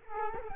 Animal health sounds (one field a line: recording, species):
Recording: mosquito wingbeat signal from an infrared sensor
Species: Culex quinquefasciatus